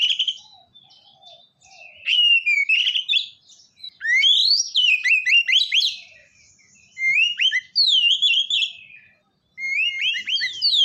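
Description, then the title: Oriental magpie-robin song: rich, varied whistled phrases of rising and falling notes with sharp slurs, delivered in bursts separated by short pauses. "kacer"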